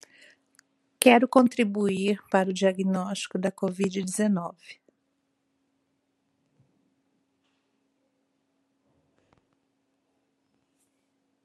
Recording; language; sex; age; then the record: spoken sentence; Brazilian Portuguese; female; 50 to 59 years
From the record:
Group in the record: control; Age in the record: 56 years